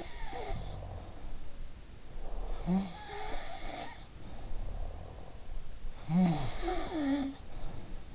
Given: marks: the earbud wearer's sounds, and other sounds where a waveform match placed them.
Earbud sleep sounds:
sounds in sleep by an in-ear microphone; breath
0.00-1.69 s: sound from someone else or the room
2.09-3.08 s: breath
2.43-5.05 s: sound from someone else or the room
5.95-8.15 s: sound from someone else or the room

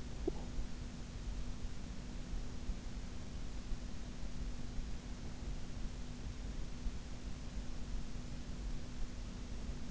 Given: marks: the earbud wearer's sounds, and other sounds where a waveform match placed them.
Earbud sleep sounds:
sounds in sleep by an in-ear microphone; teeth grinding
0.00-0.86 s: teeth grinding

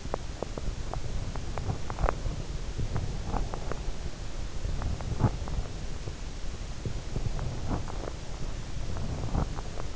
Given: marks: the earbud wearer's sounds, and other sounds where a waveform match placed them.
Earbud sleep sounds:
sounds in sleep by an in-ear microphone; teeth grinding
0.00-2.33 s: teeth grinding
3.24-9.82 s: teeth grinding

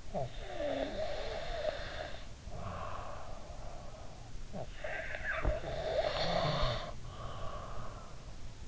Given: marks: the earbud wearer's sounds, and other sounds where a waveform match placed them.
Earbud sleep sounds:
sounds in sleep by an in-ear microphone; snoring breath
0.00-4.26 s: snoring breath
4.42-8.27 s: snoring breath

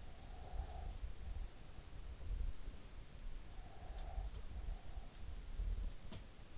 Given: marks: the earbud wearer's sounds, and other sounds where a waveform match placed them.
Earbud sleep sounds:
sounds in sleep by an in-ear microphone; breath
0.05-1.86 s: breath
3.25-5.86 s: breath

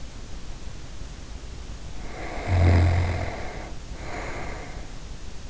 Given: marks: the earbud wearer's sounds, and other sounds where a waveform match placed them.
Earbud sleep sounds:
sounds in sleep by an in-ear microphone; snoring breath
1.82-5.10 s: snoring breath

